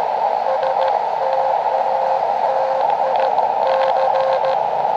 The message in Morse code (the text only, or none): STATIC